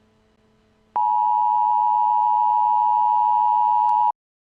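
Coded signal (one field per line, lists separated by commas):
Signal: Emergency Alert System (SAME) tones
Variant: 853 and 960 Hz attention tone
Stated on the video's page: Fictional EAS scenario about a hack.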